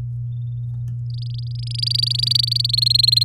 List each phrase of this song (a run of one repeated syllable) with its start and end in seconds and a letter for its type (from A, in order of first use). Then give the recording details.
1.10-2.67 A, 2.69-3.23 B. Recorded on 8 May 2018 at 06:39. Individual llb16